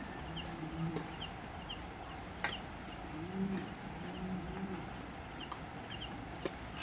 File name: Brown Fish Owl Hooting Duet Of Male Female Separated In Stereo